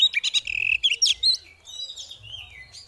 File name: Terapi Suara Burung Kacer Betina Ngeriwik Ngeplong